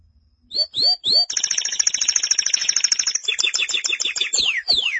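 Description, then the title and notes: Canary song: three short whistled notes, a long rapid buzzy trill, then a chattering series of quick downward-swept notes. "BM Suara Kenari. BM Suara Burung Kenari"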